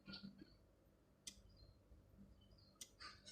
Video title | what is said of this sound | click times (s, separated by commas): FTIR is50 - Part 1 | okay so i'm not sure whether you can hear the click here or not but uh you will feel it all right so | 1.3 s, 2.8 s